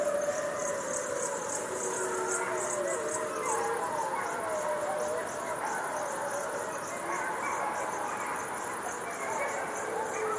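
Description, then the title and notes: Gray wolf pack howling, tangled overlapping wavering tones, with high insect trills. Distant pack of wolves howling at night on the prairie under moonlight. "Wolves Howling in the Night: Sleep Soundscape. A distant pack of wolves call in the peace and serenity of the prairie under the light of the moon"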